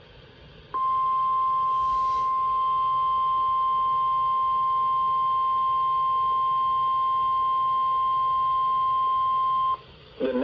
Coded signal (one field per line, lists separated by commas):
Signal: Emergency Alert System (SAME) tones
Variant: 1050 Hz attention tone